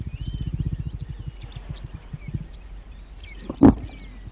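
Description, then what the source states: Lion uttering a quick series of low, throbbing grunts that fade out, followed by a sudden loud burst, while small birds twitter and whistle in the background. During mating.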